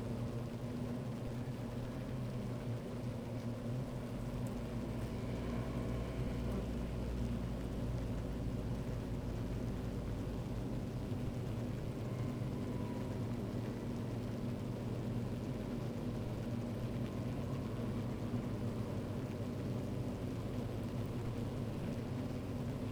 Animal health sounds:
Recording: honeybee colony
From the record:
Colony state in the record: active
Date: 28 July 2017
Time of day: 12:59

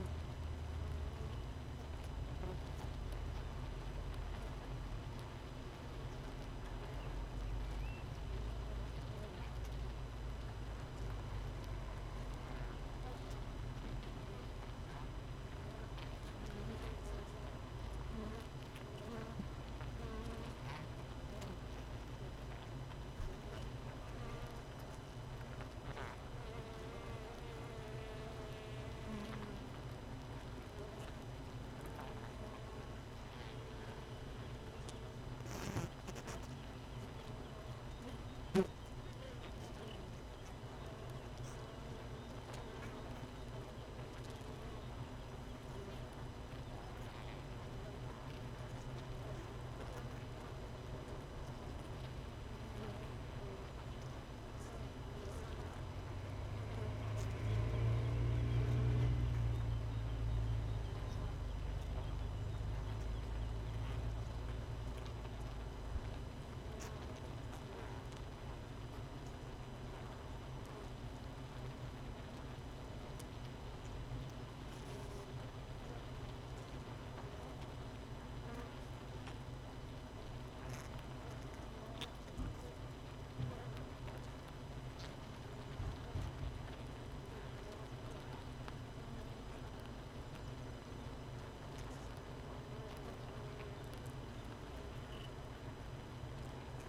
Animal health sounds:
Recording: honeybee colony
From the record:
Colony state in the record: missing queen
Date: 31 May 2018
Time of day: 5:23

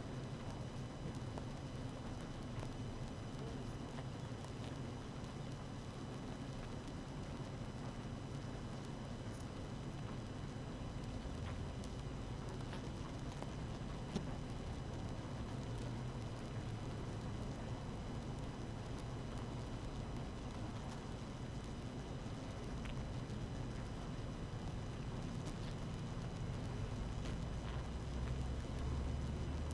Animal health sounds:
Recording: honeybee colony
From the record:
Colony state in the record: active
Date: 12 June 2018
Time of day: 6:55

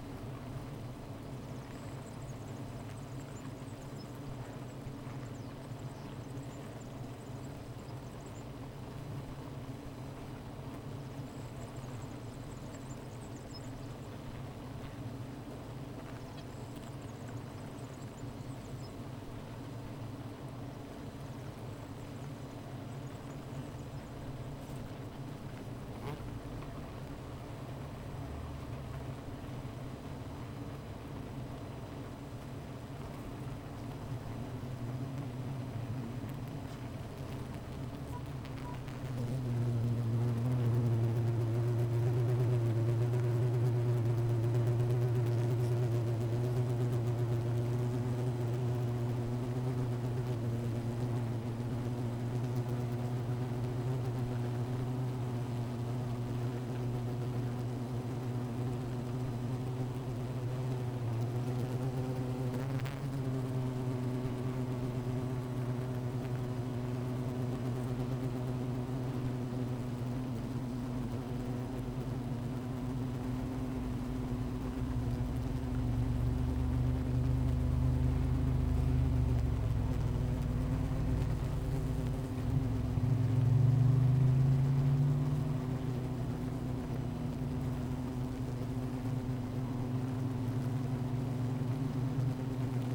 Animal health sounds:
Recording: honeybee colony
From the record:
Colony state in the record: missing queen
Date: 14 July 2017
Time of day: 15:10

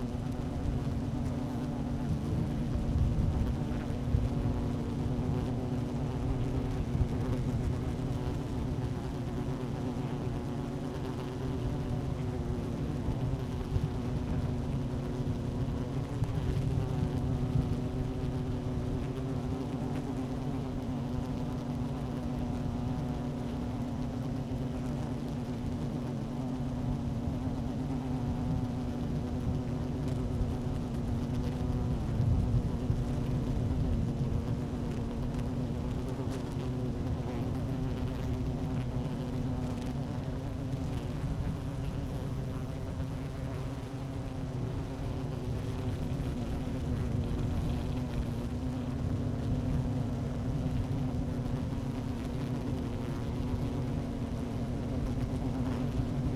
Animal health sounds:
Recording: honeybee colony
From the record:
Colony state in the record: active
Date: 12 June 2018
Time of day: 12:13

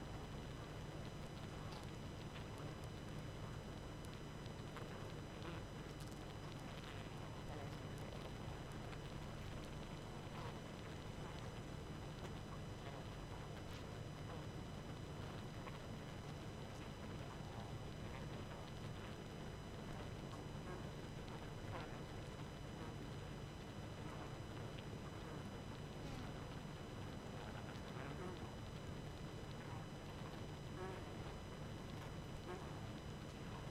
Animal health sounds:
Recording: honeybee colony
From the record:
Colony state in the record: active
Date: 12 June 2018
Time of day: 23:02

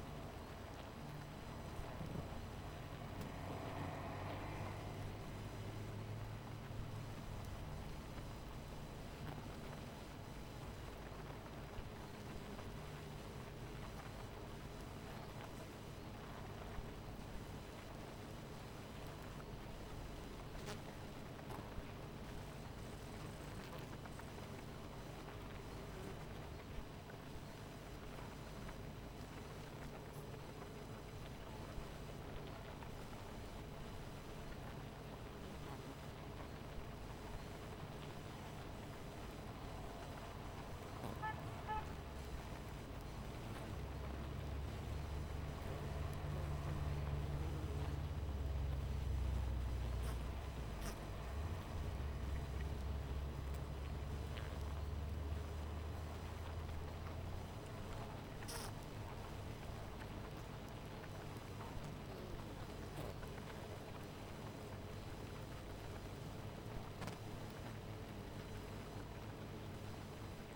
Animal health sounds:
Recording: honeybee colony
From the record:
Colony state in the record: missing queen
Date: 14 July 2017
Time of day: 18:40

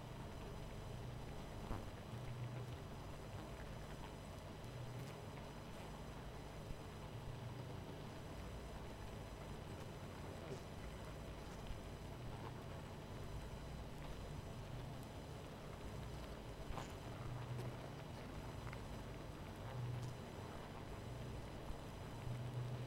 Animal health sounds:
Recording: honeybee colony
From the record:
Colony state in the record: missing queen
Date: 14 July 2017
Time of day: 23:10

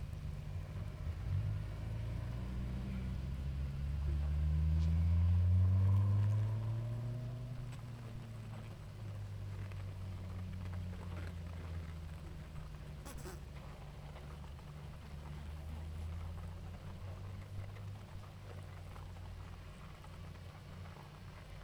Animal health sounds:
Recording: honeybee colony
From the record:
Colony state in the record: active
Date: 28 July 2017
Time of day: 18:48

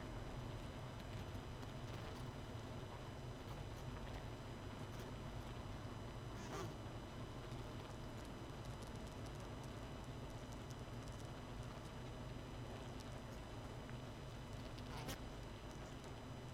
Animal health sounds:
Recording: honeybee colony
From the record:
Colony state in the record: missing queen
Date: 31 May 2018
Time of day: 19:19

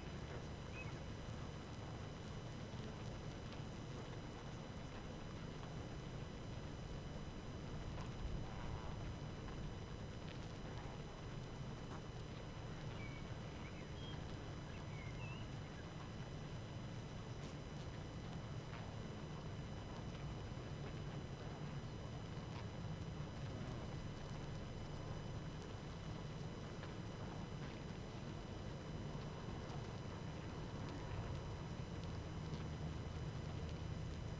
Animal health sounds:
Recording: honeybee colony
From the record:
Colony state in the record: active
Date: 12 June 2018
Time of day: 19:00

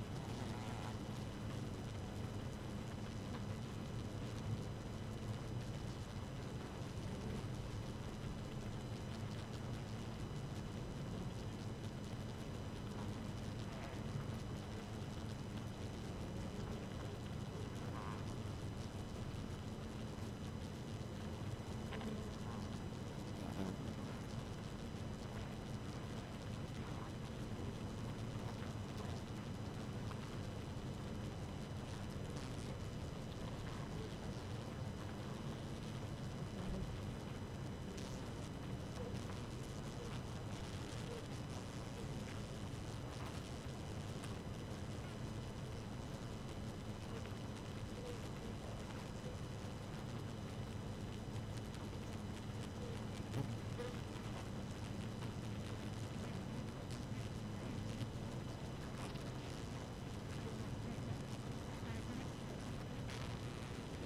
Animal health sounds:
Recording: honeybee colony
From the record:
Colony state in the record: active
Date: 12 June 2018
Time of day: 4:11

